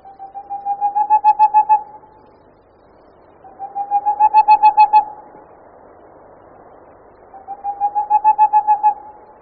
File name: Sýc-rousný